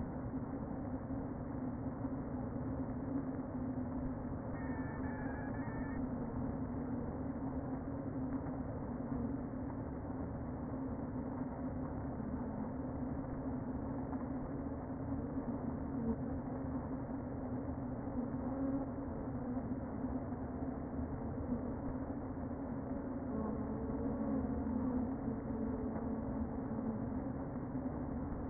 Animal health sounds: honeybee colony, microphone inside the hive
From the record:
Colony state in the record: queen present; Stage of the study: before two queens were removed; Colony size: about 60,000 bees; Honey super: yes

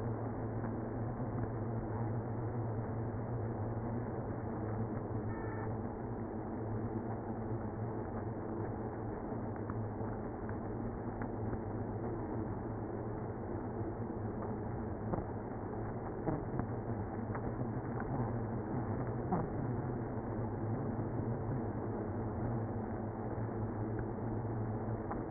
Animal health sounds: honeybee colony, microphone inside the hive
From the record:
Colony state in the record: queenless (queen removed); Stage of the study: after two queens were removed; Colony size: about 60,000 bees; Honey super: yes

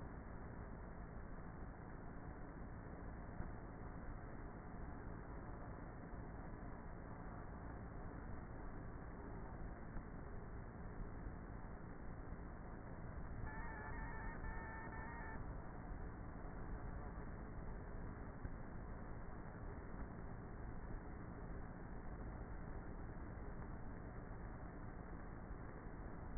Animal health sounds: honeybee colony, microphone inside the hive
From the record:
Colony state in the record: queenless with a low population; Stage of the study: before two queens were removed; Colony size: about 30,000 bees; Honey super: no

